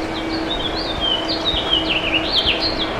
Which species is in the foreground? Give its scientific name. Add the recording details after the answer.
Haemorhous mexicanus. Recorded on Long Island, New York, on 28 June 2012. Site SB. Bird A